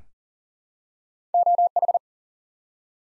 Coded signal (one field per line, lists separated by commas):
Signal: Morse code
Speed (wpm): 39 wpm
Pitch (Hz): 700 Hz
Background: none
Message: OH